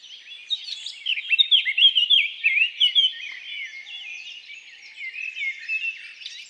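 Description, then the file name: Eurasian blackcap song: a soft warble rising to a loud run of fluty notes, then easing into a softer, rambling, scratchy warble. "Sylvia atricapilla"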